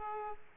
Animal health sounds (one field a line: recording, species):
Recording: mosquito wingbeat signal from an infrared sensor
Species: Aedes aegypti